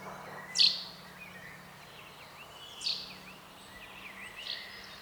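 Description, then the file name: Common chaffinch giving one sharp, high call note, followed by two much fainter calls, over steady background noise. "Fringilla coelebs"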